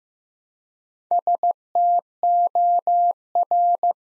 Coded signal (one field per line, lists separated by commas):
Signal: Morse code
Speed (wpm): 15 wpm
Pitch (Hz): 700 Hz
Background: none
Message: STOR